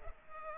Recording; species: mosquito wingbeat signal from an infrared sensor; Culex pipiens